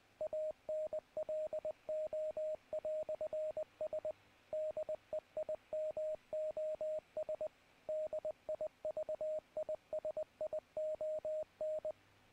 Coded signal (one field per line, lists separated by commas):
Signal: Morse code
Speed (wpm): 20 wpm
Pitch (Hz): 620 Hz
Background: radio noise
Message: ANLO"S DEIMOS DIVISION